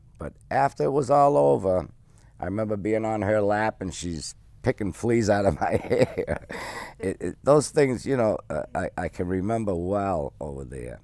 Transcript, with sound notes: But after it was all over, I remember being on her lap and she's picking fleas out of my hair. ( he laughs ) Those things you know, I can remember well over there.